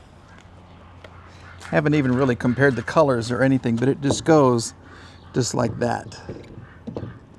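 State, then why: Not seated. A painted plastic mirror cover is handled against the side mirror housing on the other side of a Ram 1500 while someone talks, with a low steady hum underneath and brief sharp taps around 1.1 s and 7.0 s. Nothing has seated or clicked yet.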